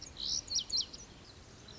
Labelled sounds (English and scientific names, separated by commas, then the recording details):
Lazuli Bunting (Passerina amoena)
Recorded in Sonoma County, California